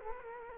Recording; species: mosquito wingbeat signal from an infrared sensor; Culex quinquefasciatus